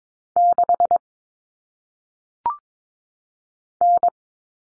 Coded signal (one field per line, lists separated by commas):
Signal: Morse code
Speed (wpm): 22 wpm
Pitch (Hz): 700 Hz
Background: none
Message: 6 N